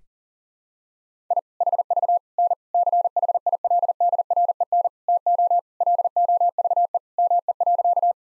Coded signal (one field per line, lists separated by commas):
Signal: Morse code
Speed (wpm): 37 wpm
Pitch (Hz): 700 Hz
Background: none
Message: I HV N CHILDREN TO LOVE ME.